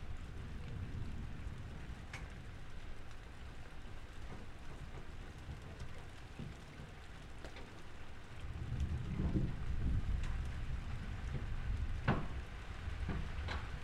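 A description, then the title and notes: A thunderstorm soundscape with a steady wash of rain and a deep, low rumble throughout. The rumble swells louder from about eight seconds, like rolling thunder, while sharp drip or tap sounds ring out now and then, most clearly around two and twelve seconds. A soundscape of thunderstorm recordings.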